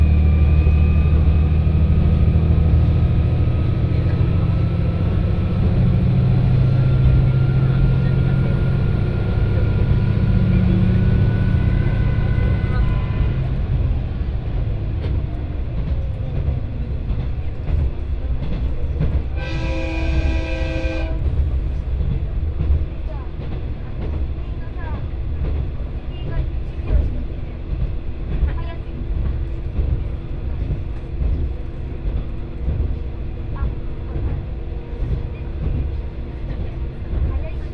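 A train ride on the Etsumi-Hoku Line. A heavy low engine drone with a faint high whine fills the first thirteen seconds, then gives way to a steady rattling rumble with frequent clicks. Around twenty seconds a short, bright, ringing tone sounds.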